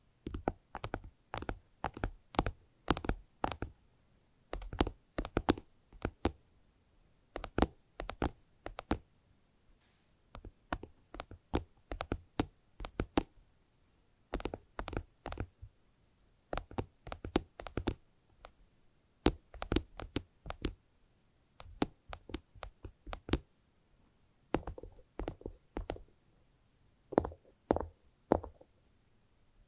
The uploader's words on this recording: ASMR Irresistible Tapping. No Talking.